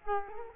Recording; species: mosquito wingbeat signal from an infrared sensor; Culex quinquefasciatus